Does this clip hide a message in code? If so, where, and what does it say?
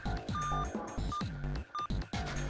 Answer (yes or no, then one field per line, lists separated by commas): no